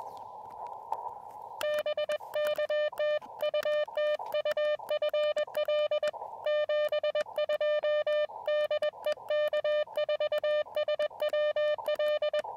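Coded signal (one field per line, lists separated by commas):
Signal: Morse code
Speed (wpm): 21 wpm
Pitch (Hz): 590 Hz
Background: none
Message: BK TU TU FL 72 DE K4SWL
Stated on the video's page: QRP POTA activation on the higher bands at Blue Ridge Parkway, with an Elecraft KX2, KXPD2 paddles and a Tufteln end-fed random-wire antenna.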